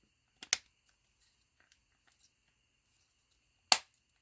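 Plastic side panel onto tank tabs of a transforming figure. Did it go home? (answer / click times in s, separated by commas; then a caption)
yes / 0.5 s, 3.7 s. The plastic side panel of the tank on a Transformers Studio Series War for Cybertron Gamer Edition 04 Voyager Class Megatron figure is pressed onto its tabs. Loud, sharp plastic snaps ring out at 0.5 s and 3.7 s, with a few faint ticks in between. The side panel is seated on the tank.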